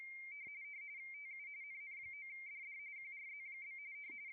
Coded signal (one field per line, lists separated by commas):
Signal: RTTY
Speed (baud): 45.45 baud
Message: TU NN9DD QRZ?